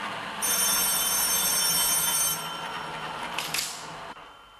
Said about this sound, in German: Herrschaftszeiten, das blöde Telefon. Soll ich klingeln? Ich gehe gar nicht hin. Das ist aber ganz ein hartnäckiger.